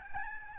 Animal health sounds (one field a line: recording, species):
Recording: mosquito wingbeat signal from an infrared sensor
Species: Aedes albopictus